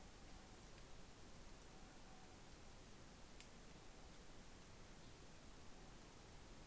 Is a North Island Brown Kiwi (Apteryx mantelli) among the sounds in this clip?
no